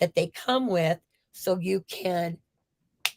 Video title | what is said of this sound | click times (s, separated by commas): Stenciled Floral Card With Sizzix Tool | pop those in there. You heard it snap. | 3.0 s